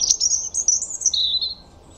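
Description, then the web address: European robin song, a quick string of thin, high, sweet warbled notes that slide up and down, ending on a lower, slightly falling note, over a quiet background. "Deverinetal 2025 File origin Bird Only Er Ru"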